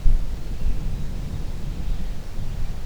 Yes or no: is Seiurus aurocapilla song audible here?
no